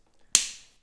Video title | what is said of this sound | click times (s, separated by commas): How to adjust your TaylorMade M4 driver | That's the click. | 0.4 s